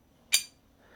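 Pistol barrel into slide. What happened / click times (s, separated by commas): The barrel slid forward and locked into place / 0.3 s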